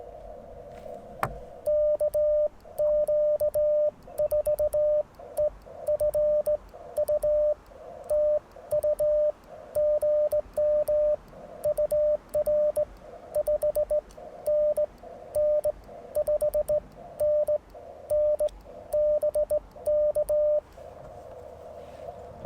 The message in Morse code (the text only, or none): KQ4EFU TU GM UR 5NN 5NN BK